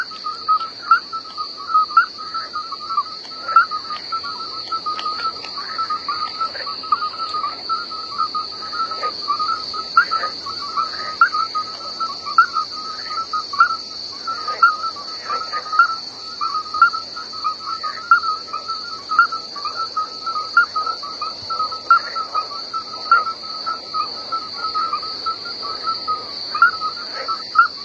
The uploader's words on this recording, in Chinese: 大自然的声音 夜间荒原。